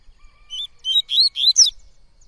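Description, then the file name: Yellow-bellied seedeater singing one phrase of sweet whistled upslurred notes ending high and buzzy, with a faint steady hum underneath. "canto de coleiro baiano"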